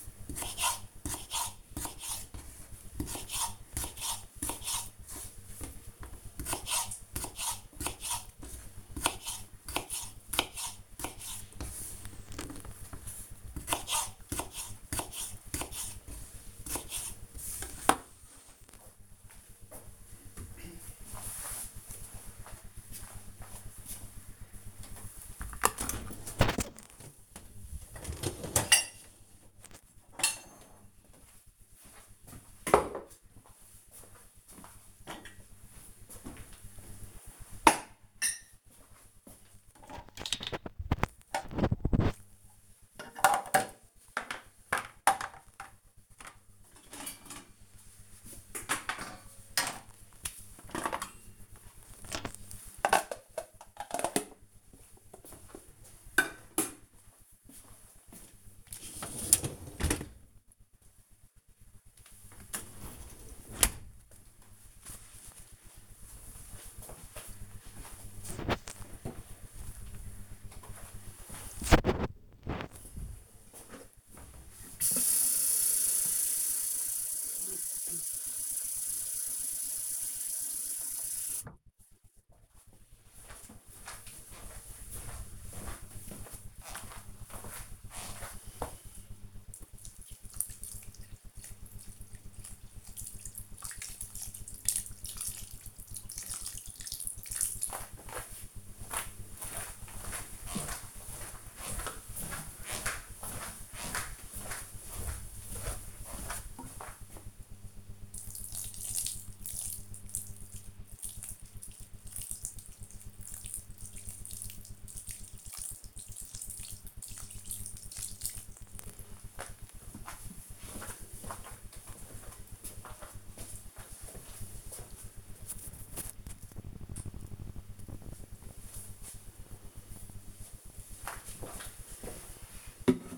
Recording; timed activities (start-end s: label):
household activities, microphone on the right wrist
0.00-21.41 s: cutting vegetables
24.43-63.70 s: cleaning out the dishwasher
69.74-121.03 s: watering plant